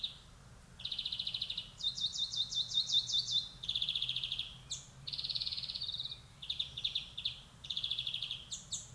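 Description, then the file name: European greenfinch singing rapid trills and buzzy rattles in a series of phrases with short gaps, over low background rumble. "Chloris chloris"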